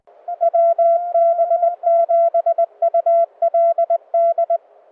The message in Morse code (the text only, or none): WB7ULD